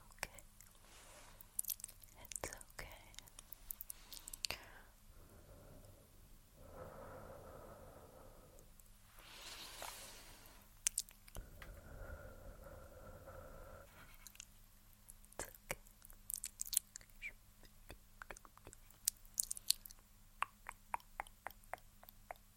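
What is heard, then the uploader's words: Lens fogging: soft breathy exhales onto the lens, around 6 to 8, 9 to 10, and 11 to 14 seconds, between dense bursts of crisp clicks and mouth sounds. A steady low hum sits underneath. Lens Fogging.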